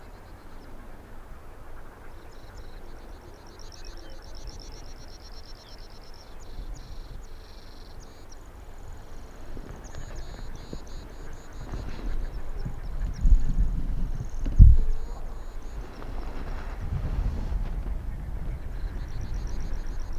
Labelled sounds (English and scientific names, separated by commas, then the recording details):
Arctic Fox (Vulpes lagopus)
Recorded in the wild
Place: Insel Mednyi, Kommandeur-Inseln, RU
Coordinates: 54.5167, 168.083
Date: 1999-06-26 17:15
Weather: 8°C, kein Nebel, leichter Westwind
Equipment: Sony WM-D6C, Sennheiser ME 80, K 30 AV, Windkorb, Kopie Sony TCD-D8
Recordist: Jakupi, Antje